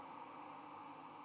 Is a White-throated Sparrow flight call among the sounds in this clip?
no